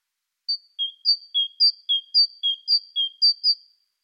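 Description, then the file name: Great tit repeating a bright two-note phrase, a sharp high whistle followed by a lower one, several times in a steady rhythm, ending on two high notes, with no other sounds. "Parus major"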